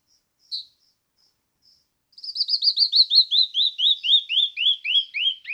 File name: Canyon wren